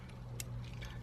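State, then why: Seated. A mantle section of a Metal Robot Damashii Knight Gundam (Real Type ver.) figure is reconnected onto its peg-and-socket joint. A single crisp click at 0.4 s, followed by a fainter tick, sounds over a steady low hum. The mantle section locks in place.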